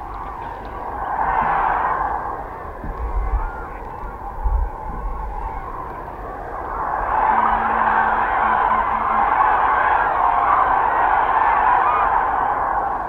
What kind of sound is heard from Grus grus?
call